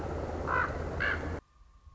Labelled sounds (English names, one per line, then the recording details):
Common Raven
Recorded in Sonoma County, California